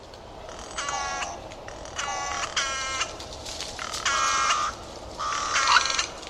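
Bird giving harsh, nasal cawing calls, several broad harmonic bursts, over steady background hiss.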